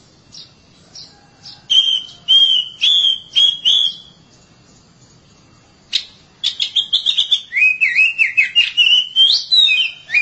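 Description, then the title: Oriental magpie-robin song: a few soft notes, then repeated clear whistles, a pause, and a fast run of sweet rising and falling whistled phrases. "Suara Kicauan Burung Kacer"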